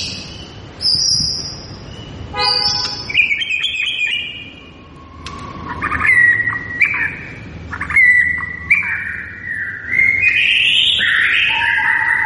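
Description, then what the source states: White-rumped shama song of varied whistles: high clear notes, buzzy chatter, then a sequence of rising and falling whistled phrases with a soft background hum. Lure recording of a lively, vigorously singing (gacor) white-rumped shama, meant to make listening birds respond.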